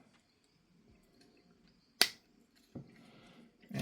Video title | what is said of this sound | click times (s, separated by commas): Skybound Optimus Prime with Megatron's Arm Cannon: DNA DK-59 Upgrade Kit x SS86 MTMTE Optimus Prime | So just snap straight in, just like that. | 2.0 s